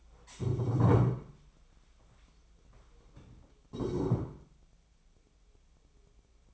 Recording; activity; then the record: daily activity, microphone in the room; stand up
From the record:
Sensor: 1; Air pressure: 1015.2 hPa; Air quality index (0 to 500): 186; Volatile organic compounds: 17 ppm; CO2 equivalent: 2596 ppm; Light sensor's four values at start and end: 12/30/12/14 and 12/30/12/13